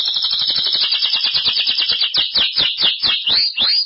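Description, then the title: Belgian canary singing a continuous rapid stream of high repeated notes, then slower swooping whistled notes toward the end. "Canario Belga"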